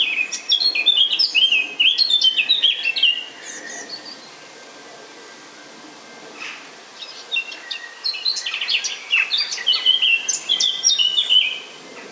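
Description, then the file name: Eurasian blackcap song: two bursts of rapid, varied chattering and whistled notes, with a quiet pause in the middle before the second phrase. "Sylvia atricapilla"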